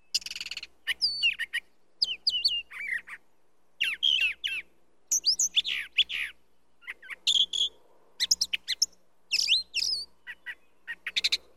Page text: Звук пения птицы Brown Thrasher. Sound Pack